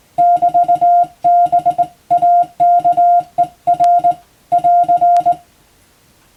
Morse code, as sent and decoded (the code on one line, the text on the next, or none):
-...- -... .- -.- . .-. / .-.-.
<BT>BAKER <AR>